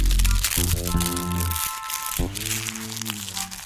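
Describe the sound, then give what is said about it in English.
Paper being crumpled in a hand, a dense crackling and crinkling that runs continuously, with a couple of deeper squeezing bursts and a faintly chewy texture. “Oh, I screw paper up my hand. Oh! It's got like almost like a chewy sound to it.”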